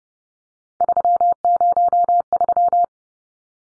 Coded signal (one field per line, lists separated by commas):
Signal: Morse code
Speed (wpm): 30 wpm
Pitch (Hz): 700 Hz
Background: none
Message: 303